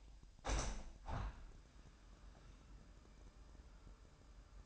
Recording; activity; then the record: daily activity, microphone in the room; open window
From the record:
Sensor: 2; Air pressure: 998.4 hPa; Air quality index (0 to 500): 129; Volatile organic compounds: 3 ppm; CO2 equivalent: 1462 ppm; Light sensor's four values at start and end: 6/15/6/7 and 6/15/6/7